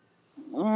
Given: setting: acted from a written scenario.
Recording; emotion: vocal sound without words; ecstasy